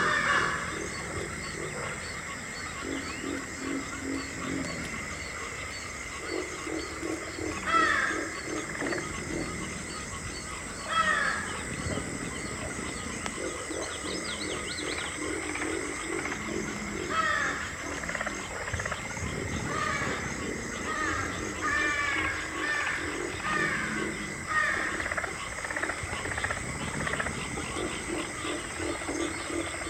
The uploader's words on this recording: Alligator Snoring. A real alligator.